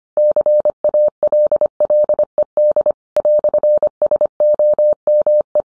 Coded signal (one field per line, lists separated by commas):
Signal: Morse code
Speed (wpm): 25 wpm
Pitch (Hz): 600 Hz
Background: none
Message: CALLED "SOME